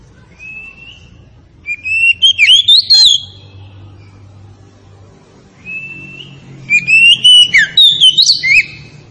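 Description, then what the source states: Oriental magpie-robin song: a soft drawn-out whistle precedes each of two rich bursts of tumbling whistles and sharp trills. Tretes variety of the oriental magpie-robin (kacer), in full song (gacor).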